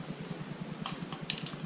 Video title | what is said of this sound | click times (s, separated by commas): WPL Chassis into a JEEP Q65 body! Minor Mods - MAKE THE Q65 a CREEPIN' CRAWLING JEEP!! | and it just snaps right in. So it's great. | 1.3 s